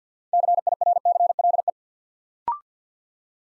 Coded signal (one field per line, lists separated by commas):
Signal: Morse code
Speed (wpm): 50 wpm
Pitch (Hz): 700 Hz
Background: none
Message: CIRCLE